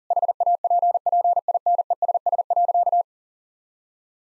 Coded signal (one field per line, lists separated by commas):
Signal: Morse code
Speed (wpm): 40 wpm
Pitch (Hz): 700 Hz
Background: none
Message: HAPPINESS.